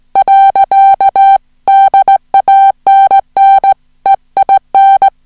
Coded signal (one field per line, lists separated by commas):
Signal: Morse code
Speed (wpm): 17 wpm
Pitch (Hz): 780 Hz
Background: music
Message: . DANN EIN